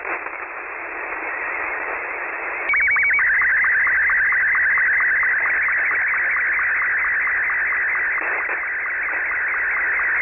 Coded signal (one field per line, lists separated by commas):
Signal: SSTV (slow-scan television)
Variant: Martin 2